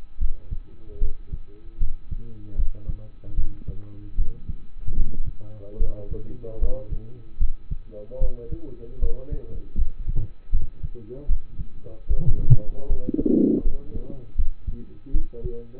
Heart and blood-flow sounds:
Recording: heart sounds by stethoscope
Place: between the tricuspid and mitral areas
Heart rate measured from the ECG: 76 bpm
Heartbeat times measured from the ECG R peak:
0.18 s: heartbeat
0.99 s: heartbeat
1.78 s: heartbeat
2.56 s: heartbeat
3.35 s: heartbeat
4.16 s: heartbeat
4.94 s: heartbeat
5.78 s: heartbeat
6.59 s: heartbeat
7.38 s: heartbeat
8.19 s: heartbeat
9.00 s: heartbeat
9.76 s: heartbeat
10.51 s: heartbeat
11.27 s: heartbeat
12.07 s: heartbeat
12.87 s: heartbeat
13.63 s: heartbeat
14.36 s: heartbeat
15.12 s: heartbeat
From the record:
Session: rest, lying down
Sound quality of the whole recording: partially saturated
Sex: male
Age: 27 years

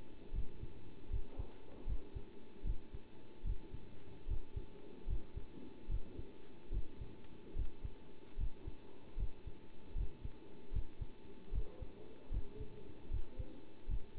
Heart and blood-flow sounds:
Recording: heart sounds by stethoscope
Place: between the tricuspid and mitral areas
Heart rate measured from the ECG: 75 bpm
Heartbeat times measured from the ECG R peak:
0.33 s: heartbeat
1.10 s: heartbeat
1.86 s: heartbeat
2.64 s: heartbeat
3.44 s: heartbeat
4.27 s: heartbeat
5.07 s: heartbeat
5.89 s: heartbeat
6.71 s: heartbeat
7.55 s: heartbeat
8.38 s: heartbeat
9.17 s: heartbeat
9.95 s: heartbeat
10.72 s: heartbeat
11.52 s: heartbeat
12.31 s: heartbeat
13.10 s: heartbeat
13.88 s: heartbeat
From the record:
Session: bicycle stress test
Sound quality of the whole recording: good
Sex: male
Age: 27 years

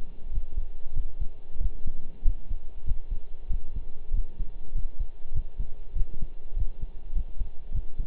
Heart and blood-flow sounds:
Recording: heart sounds by stethoscope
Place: between the tricuspid and mitral areas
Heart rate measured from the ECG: 97 bpm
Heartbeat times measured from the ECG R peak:
0.33 s: heartbeat
0.95 s: heartbeat
1.60 s: heartbeat
2.25 s: heartbeat
2.86 s: heartbeat
3.50 s: heartbeat
4.13 s: heartbeat
4.75 s: heartbeat
5.35 s: heartbeat
5.96 s: heartbeat
6.56 s: heartbeat
7.15 s: heartbeat
7.74 s: heartbeat
From the record:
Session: pedaling a stationary bicycle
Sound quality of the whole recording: partially saturated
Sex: male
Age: 23 years

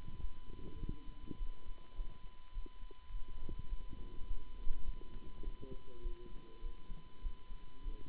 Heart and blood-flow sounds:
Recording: heart sounds by stethoscope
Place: between the tricuspid and mitral areas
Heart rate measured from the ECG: 102 bpm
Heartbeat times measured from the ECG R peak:
0.17 s: heartbeat
0.76 s: heartbeat
1.35 s: heartbeat
1.93 s: heartbeat
2.51 s: heartbeat
3.08 s: heartbeat
3.66 s: heartbeat
4.23 s: heartbeat
4.81 s: heartbeat
5.40 s: heartbeat
5.99 s: heartbeat
6.59 s: heartbeat
7.19 s: heartbeat
7.80 s: heartbeat
From the record:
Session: Bruce protocol treadmill stress test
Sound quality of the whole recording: good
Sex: male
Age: 26 years

